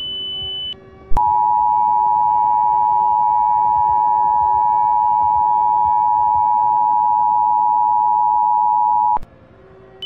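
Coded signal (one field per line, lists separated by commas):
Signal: Emergency Alert System (SAME) tones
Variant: 853 and 960 Hz attention tone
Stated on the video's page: Fictional alert scenario containing pure 3 kHz tones.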